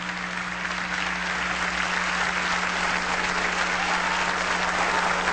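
Sustained audience applause for the community doctors who graduated in Venezuela, a dense steady roar of many hands clapping at once, loud and even throughout with a faint low hum beneath and no voices standing out.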